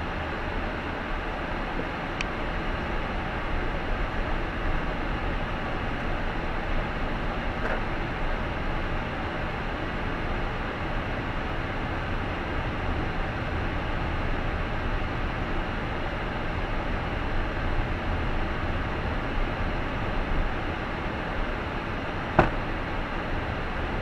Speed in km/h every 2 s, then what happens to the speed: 12, 12, 16, 22, 27, 29, 28, 28, 28, 30, 31, 31.
2-10 speeds up to 29. 10-24 steady at about 29.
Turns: 0-7.